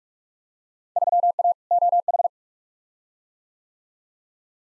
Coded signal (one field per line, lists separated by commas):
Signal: Morse code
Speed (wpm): 46 wpm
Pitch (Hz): 700 Hz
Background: none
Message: 3A OH